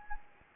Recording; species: mosquito wingbeat signal from an infrared sensor; Anopheles gambiae